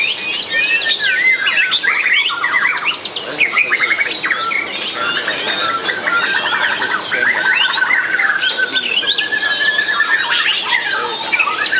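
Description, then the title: White-rumped shama singing a rich, rapid medley of sharp chirps, rattling trills and rising and falling whistled notes, pouring out continuously without breaks. "murai batu"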